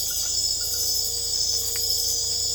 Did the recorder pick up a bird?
no